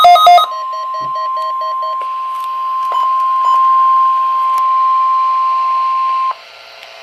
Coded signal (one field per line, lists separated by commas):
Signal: Emergency Alert System (SAME) tones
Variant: 1050 Hz attention tone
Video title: EAS #69 Required Weekly Test 8/21/13 11:08AM